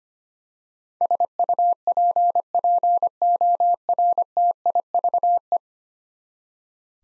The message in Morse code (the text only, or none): SUPPORTIVE